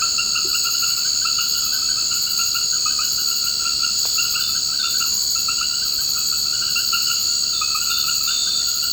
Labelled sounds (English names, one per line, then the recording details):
none
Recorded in secondary vegetation near Puerto Asís, Putumayo, Colombia, on 24 March 2025 at 20:00
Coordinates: 0.488, -76.319
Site G095